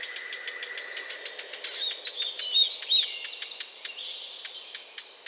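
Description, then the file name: Eurasian blackcap calling with sharp clicking tacks repeated several times a second, broken mid-way by a short burst of higher twittering notes. "Sylvia atricapilla"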